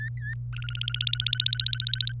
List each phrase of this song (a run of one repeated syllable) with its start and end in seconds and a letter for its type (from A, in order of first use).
0.00-0.34 A, 0.53-2.12 B